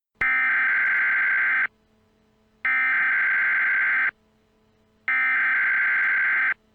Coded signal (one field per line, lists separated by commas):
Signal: Emergency Alert System (SAME) tones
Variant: header bursts